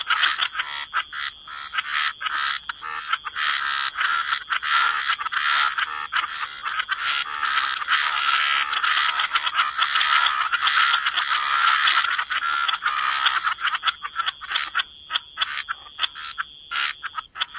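Frogs calling together in a thick chorus, many overlapping pulsed croaks running steadily throughout with occasional short pauses.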